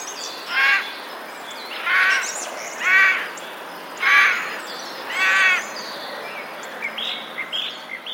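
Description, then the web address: Eurasian jay giving five harsh, rasping screeches at fairly steady intervals, followed by faint softer chirps. Recorded 31 March 2023. "wroblowe ostrzegator sojka 31 03 2023"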